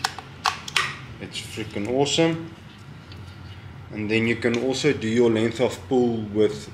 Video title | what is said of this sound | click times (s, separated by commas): APW Carbon X Chassis system | so if you can hear it click it's freaking awesome | 0.1 s, 0.5 s, 0.8 s